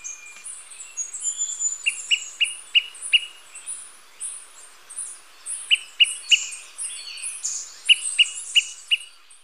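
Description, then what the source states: Smoke-colored Pewee calls: series of sharp, evenly spaced pips in runs of four or five, with other high-pitched birds chattering behind. Recorded in Ecuador.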